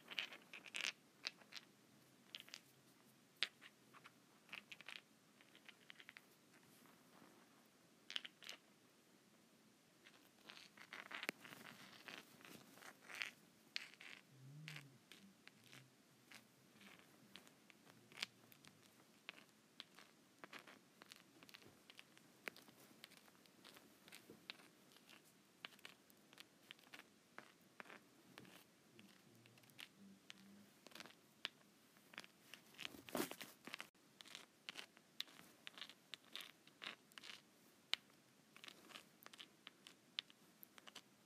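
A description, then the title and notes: Rocks rub and scrape together in dense, irregular clicks and gritty scratches, with a louder burst of grinding just after thirty seconds. ASMR Rock Rubbing.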